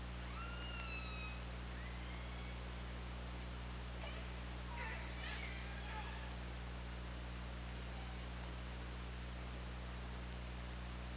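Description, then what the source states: Killer whale calls: an early rising, harmonic call, then a cluster of clicks and short warbling pulsed calls midway, over steady underwater hiss and low hum. Captured by the OrcaLab hydrophone on 24 August 2017 at 21:40:50.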